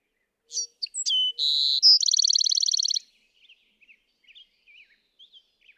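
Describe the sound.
Bewick's wren song of quick sharp notes, a buzzy note and a fast high trill, followed by faint soft chirps.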